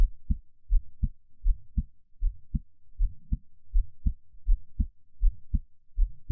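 Steady paired low thumps at about 80 beats a minute: an adult heartbeat heard up close.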